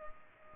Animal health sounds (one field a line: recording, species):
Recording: mosquito wingbeat signal from an infrared sensor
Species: Culex pipiens